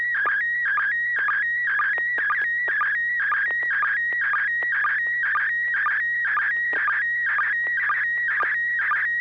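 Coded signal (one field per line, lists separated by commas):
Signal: SSTV (slow-scan television)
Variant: PD120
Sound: warbling tone between mid and high pitch, with a quick chirp about twice per second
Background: low steady hum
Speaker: I do have a picture ready to send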